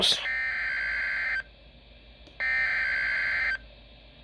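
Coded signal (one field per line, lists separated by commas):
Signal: Emergency Alert System (SAME) tones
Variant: header bursts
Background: speech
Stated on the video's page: Severe thunderstorm watch on NOAA Weather Radio, 162.475 MHz from Mead, Colorado, received on a Midland WR-100 with telescopic antenna.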